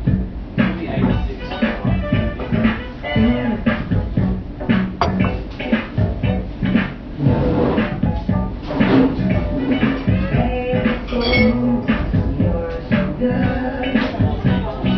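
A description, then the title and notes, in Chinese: A busy Melbourne café, with a steady crowd of overlapping voices filling the room throughout. Occasional sharp clinks and knocks of cups and dishes cut through now and then, and the sound is muffled above, as if recorded indoors. BBB这一家墨尔本咖啡馆。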